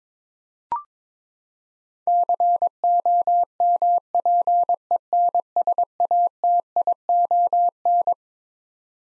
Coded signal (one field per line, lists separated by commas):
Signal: Morse code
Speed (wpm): 21 wpm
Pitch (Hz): 700 Hz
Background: none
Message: COMPENSATION